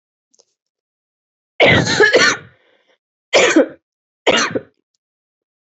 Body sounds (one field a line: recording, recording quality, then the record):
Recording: heavy voluntary cough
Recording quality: excellent, no background noise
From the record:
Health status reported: exposed to COVID-19, no respiratory illness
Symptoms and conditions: none ticked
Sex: female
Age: 26 years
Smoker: not ticked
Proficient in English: yes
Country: India